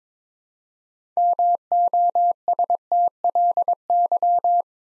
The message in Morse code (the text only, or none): MOSTLY